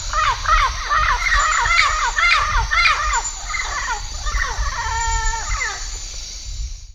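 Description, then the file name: Turquoise-fronted amazon calls: harsh, arched squawks repeated rapidly and overlapping, then a few flatter nasal notes, over a steady low rumble. Recorded in Barão de Melgaço, Mato Grosso, dated 6-5-06. "Amazona-aestiva-BMelg-MT-6-5-06"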